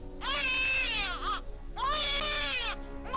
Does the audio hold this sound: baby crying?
yes